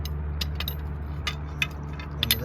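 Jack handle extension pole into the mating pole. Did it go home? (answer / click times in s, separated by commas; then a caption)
yes / 2.2 s. The two metal poles of a Chevy Silverado/GMC truck's jack handle extension are joined by lining up their holes and pressing down until the spring pin locks into place. Light metallic clinks and taps sound over a steady low hum. A sharp click at 2.2 s marks the pole seating and locking together.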